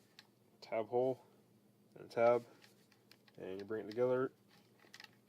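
Someone talks while handling a plastic Transformers Beast Wars Transmetals Depthcharge action figure, bringing two plastic parts together so a tab lines up with its tab hole during transformation. Faint light taps and ticks of plastic are heard between the words. Nothing has seated or clicked yet.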